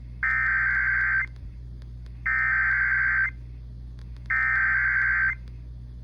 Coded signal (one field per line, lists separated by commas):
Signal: Emergency Alert System (SAME) tones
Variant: header bursts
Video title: Severe Thunderstorm Warning on KSCS-FM (EAS #375)